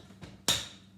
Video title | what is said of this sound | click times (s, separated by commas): Le cake marbré avec le speedy chef 2 | et entendre le clic pour être sûr que ça tiens voilà | 0.5 s